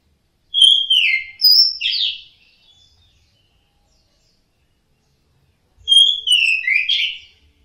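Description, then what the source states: Orange-headed thrush song: two rich, whistled phrases with descending slurred notes and high sharp accents, separated by a pause of several seconds. Song in the ngeplong style.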